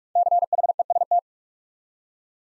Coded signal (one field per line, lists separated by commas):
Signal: Morse code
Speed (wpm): 44 wpm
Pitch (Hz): 700 Hz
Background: none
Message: CHEST